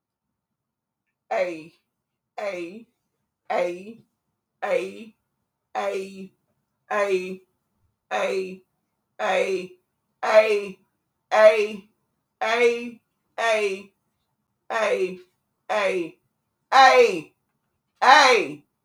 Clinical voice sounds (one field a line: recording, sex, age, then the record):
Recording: vowel held as long as possible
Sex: female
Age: 60 to 69 years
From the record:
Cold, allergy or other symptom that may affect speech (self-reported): no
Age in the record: 61 years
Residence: Alabama, United States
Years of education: 14